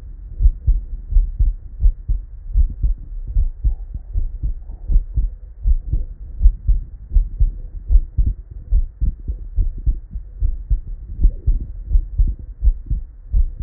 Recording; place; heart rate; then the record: heart sounds by stethoscope; Erb's point; 79 bpm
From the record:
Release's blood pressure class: normal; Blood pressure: 116/57 mmHg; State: at rest